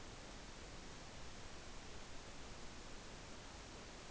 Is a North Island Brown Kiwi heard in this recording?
no